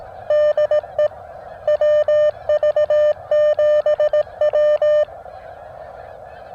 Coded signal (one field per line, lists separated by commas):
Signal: Morse code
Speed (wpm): 18 wpm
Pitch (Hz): 600 Hz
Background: none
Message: DE WV7W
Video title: JPC 12 Antenna Tested on POTA Activation